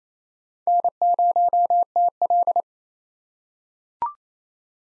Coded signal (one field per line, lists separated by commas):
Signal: Morse code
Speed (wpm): 28 wpm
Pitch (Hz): 700 Hz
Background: none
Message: N0TL